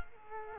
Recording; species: mosquito wingbeat signal from an infrared sensor; Culex quinquefasciatus